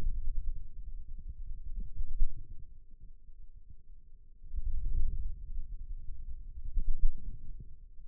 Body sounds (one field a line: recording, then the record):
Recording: forearm muscle sounds (acoustic myography)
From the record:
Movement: wrist flexion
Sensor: system 2, bracelet of six BSWA MPA416 microphones around the upper forearm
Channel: 4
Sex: male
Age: 22 years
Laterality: right